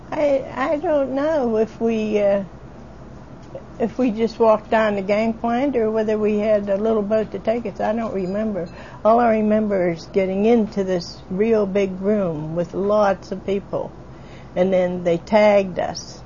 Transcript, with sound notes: I don't know if we just walked on the gang plank or whether we had a little boat to take us, I don't remember. (ringing sound) All I remember is getting into this real big room with lots of people and they tagged us.